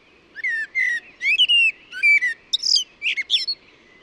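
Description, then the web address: Bird giving a quick run of whistled, slurred notes and sharp high chirps. "cianscape birddata Deverinetal 2025 Bird Only Tu Me Tu Me"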